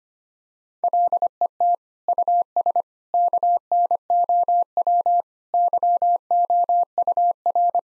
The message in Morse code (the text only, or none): LET US KNOW YOUR